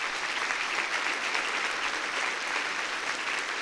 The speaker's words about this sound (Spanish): Aplauso para nuestros obispos.